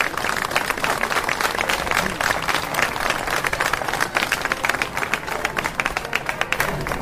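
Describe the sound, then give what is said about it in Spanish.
Sustained applause from an audience for the director of the band, many hands clapping in a dense, steady rattle that stays loud throughout, with no talking over it. “que voy a pedir, le damos un fuerte aplauso, él nos enseña”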